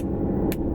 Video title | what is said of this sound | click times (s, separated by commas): FACEBOOK, DISLIKES & CHAPSTICK REVIEWS - OCTOBER 18 VLOG | you have to like push it up it snaps in place so there's no way that it can get out | 0.5 s